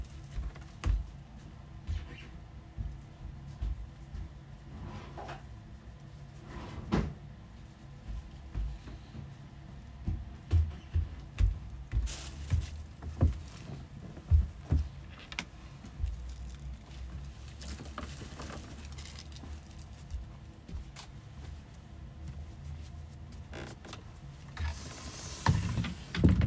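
Cleaning up and gathering trash into one place: a steady low rumble runs throughout, broken by frequent thuds, knocks and rustling bumps. The handling grows busier between about 10 and 15 seconds, with sharp clatters near 7, 12 and 26 seconds.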